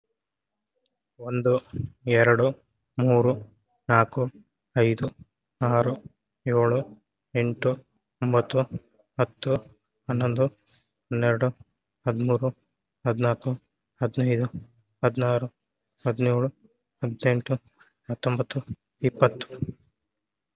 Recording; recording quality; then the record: counting at a normal pace; excellent, no background noise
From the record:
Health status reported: COVID-19 positive, mild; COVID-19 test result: positive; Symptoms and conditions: cough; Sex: male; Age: 36 years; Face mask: worn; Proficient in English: yes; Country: India